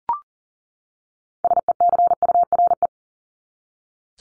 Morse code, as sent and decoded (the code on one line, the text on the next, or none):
... . -.-. ..- .-. .
SECURE